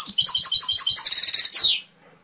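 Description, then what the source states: Canary singing a quick series of repeated high notes that merge into a dense buzzing trill and end in a sharp descending flourish. Domestic canary song used as a training and lure recording (masteran) to stimulate songbirds to sing.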